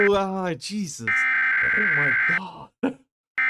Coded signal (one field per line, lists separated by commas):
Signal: Emergency Alert System (SAME) tones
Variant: header bursts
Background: speech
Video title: European SCARED In Reaction To: Emergency Alert Systems (EAS) are Scary 🚨❗️🆘